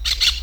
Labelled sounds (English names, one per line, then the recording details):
Brown-throated Parakeet contact call
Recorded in Venezuela
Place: Hato Matapalo, Bolívar
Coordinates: 7.356, -61.542